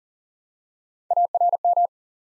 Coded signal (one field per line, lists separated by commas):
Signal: Morse code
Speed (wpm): 42 wpm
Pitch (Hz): 700 Hz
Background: none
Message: ARM